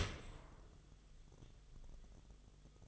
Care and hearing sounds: daily activity, microphone in the room; open dishwasher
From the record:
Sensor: 4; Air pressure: 1005.6 hPa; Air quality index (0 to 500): 112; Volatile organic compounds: 3 ppm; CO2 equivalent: 1404 ppm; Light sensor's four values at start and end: 11/26/10/10 and 11/24/9/9

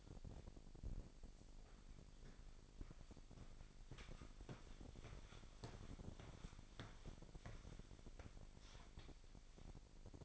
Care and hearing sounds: daily activity, microphone in the room; walk to room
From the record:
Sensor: 5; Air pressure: 1012.3 hPa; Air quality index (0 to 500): 235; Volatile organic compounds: 4 ppm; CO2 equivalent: 1565 ppm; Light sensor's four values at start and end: 58/137/57/61 and 57/129/55/59

